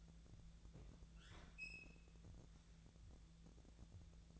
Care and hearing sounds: daily activity, microphone in the room; open fridge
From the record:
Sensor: 3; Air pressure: 1000.1 hPa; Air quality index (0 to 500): 132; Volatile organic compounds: 2 ppm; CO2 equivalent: 1177 ppm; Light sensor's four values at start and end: 43/110/47/51 and 43/110/47/51

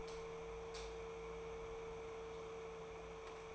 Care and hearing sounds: daily activity, microphone in the room; light off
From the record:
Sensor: 1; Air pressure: 1014.6 hPa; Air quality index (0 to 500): 178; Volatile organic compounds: 15 ppm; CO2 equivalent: 2516 ppm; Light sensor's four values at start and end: 18/51/20/22 and 14/36/14/17

